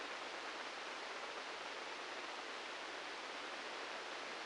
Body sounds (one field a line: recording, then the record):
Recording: brain microelectrode recording played as sound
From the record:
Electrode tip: inside the subthalamic nucleus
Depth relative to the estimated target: 2 mm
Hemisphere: right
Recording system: NeuroSet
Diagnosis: Parkinson's disease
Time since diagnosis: 9 years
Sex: male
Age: 56 years